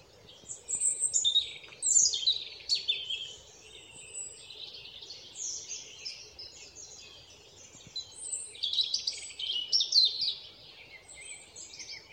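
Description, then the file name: European robin song: bursts of high, tumbling warbled phrases with sharp descending notes, separated by brief quiet gaps, over soft steady background noise. "Erithacus rubecula"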